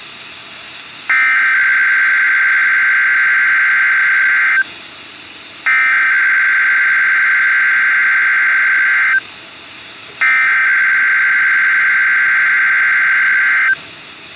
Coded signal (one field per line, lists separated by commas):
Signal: Emergency Alert System (SAME) tones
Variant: header bursts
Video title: EAS #120 - Required Weekly Test (LWX)